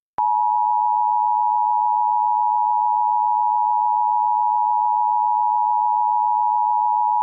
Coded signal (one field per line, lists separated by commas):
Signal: Emergency Alert System (SAME) tones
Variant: 853 and 960 Hz attention tone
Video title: EAS Mock 40 || Snowman Virus